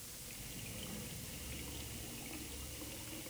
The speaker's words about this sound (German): Was machst du denn da? Ich nehme mir ein Glas Wasser. Warum? Mensch, und deswegen lässt du so lange den Hahn offen?